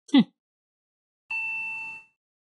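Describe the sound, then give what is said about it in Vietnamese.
An elevator arrival chime, signalling the lift has reached the 7th floor, rings once as a steady, bright electronic tone holding for under a second, preceded by a brief, sharp knock-like burst. “Tiếng chuông báo thang máy đã di chuyển lên đến tầng 7.”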